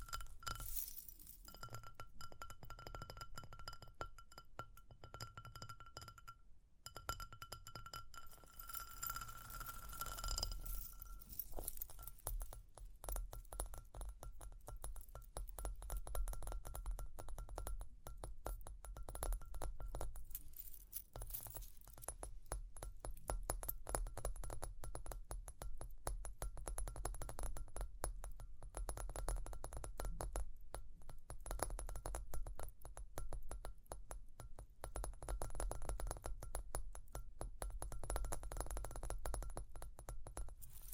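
Jingling and tapping with scratching sounds. For the first ten seconds or so a bright, sustained ringing jingle rings over soft scratches, then it fades and dense, rapid tapping and scratching take over, crackling steadily to the end over a low, constant rumble.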